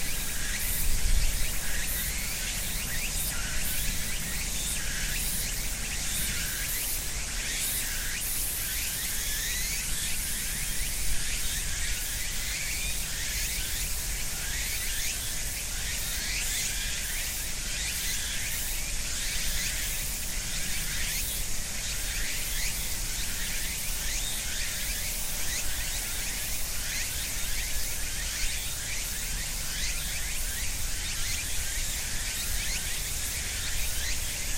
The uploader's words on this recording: Cicadas and other insects mark the end of summer in ornamental cherry trees between a small river and a residential neighborhood in Japan. With a Sony PCM-M10 recorder and FEL Clippy EM172 mics mounted for quasi-binaural recording on opposite sides of a tree trunk.